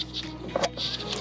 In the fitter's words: All you do is close it down and listen for the click and then check for tightness once more.